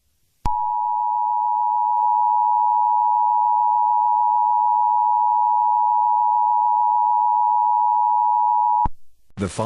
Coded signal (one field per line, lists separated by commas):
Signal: Emergency Alert System (SAME) tones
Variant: 853 and 960 Hz attention tone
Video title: (EAS Scenario) Wildfire (Walking Dead)